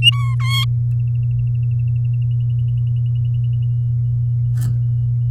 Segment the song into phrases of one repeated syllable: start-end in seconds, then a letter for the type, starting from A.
0.02-0.34 A, 0.40-0.65 B